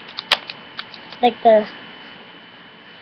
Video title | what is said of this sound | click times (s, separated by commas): Sharpfire nerfgun | Once you hear the click, like | 0.3 s